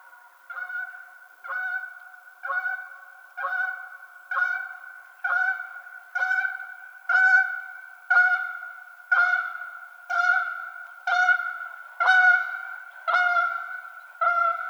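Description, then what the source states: Canada goose honking, a steady series of loud, nasal honks repeated about once a second throughout, with no other sounds. Recorded 21 March 2007.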